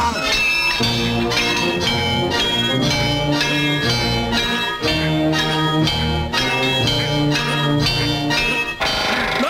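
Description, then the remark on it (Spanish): A boxing bell in an arena clangs over and over, its bright metallic tones ringing loudly and overlapping into a steady, shimmering peal for the whole stretch, with no voices. “Y suena la campana.”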